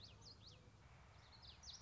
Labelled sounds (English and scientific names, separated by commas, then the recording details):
Common Yellowthroat (Geothlypis trichas)
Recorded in Sonoma County, California